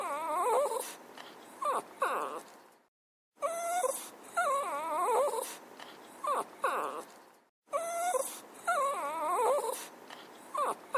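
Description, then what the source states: Dog crying in three repeated bouts of high, wavering whines, each bout a cluster of trembling cries separated by short silences. A puppy crying.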